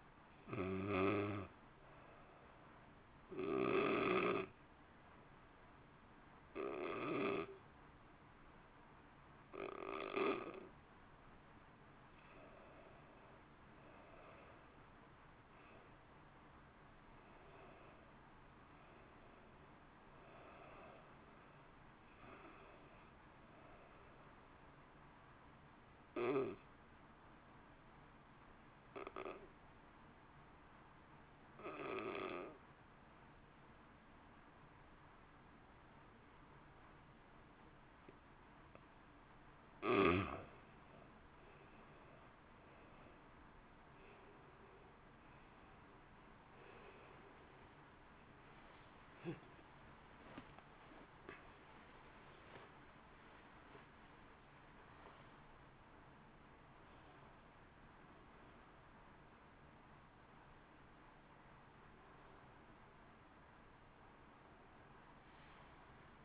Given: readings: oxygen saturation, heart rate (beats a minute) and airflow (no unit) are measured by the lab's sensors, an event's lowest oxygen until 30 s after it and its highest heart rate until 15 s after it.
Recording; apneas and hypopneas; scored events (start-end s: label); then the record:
breathing in sleep by a voice recorder at the bedside; 2
3.00-14.30 s: hypopnea (N1, oxygen 90% highest, then 85% lowest, heart rate 65 at the start, 65 highest)
28.00-42.50 s: hypopnea (N1, oxygen 92% highest, then 80% lowest, heart rate 59 at the start, 72 highest)
From the record:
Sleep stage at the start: N1 (lightest sleep); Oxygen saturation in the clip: 80 to 92%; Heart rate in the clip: 57 to 72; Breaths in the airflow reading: 19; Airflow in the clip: -2.2 to 1.7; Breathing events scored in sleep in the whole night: 328 in 6.3 hours asleep